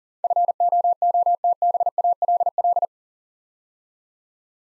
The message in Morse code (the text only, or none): FOOTBALL